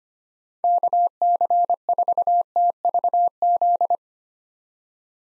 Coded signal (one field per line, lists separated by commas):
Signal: Morse code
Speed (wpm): 25 wpm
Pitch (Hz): 700 Hz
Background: none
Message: KC4TVZ